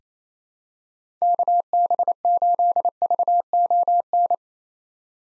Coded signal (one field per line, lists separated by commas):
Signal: Morse code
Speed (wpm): 28 wpm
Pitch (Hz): 700 Hz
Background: none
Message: KB8VON